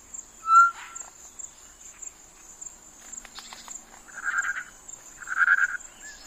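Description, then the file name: Short-tailed batis: one sharp whistled note, then two harsh churring bursts near the end, with a continuous shrill insect drone behind. "Batis mixta"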